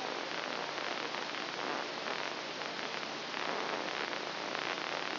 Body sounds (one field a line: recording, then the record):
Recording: brain microelectrode recording played as sound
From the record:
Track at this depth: outside the subthalamic nucleus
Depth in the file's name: 4.906 mm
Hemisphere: left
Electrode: 2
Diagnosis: Parkinson's disease